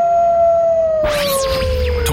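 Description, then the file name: Wolf howl, a long steady tonal note sliding slowly downward, joined halfway by a burst of sweeping, noisy overlapping sounds. Wolf and full moon. "Wolf und Vollmond"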